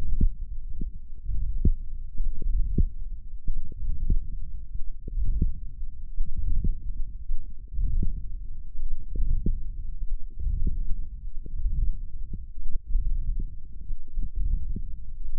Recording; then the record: forearm muscle sounds (acoustic myography)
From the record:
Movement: ulnar deviation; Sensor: system 1, eight BSWA MPA416 microphones around the upper forearm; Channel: 8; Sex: male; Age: 42 years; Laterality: right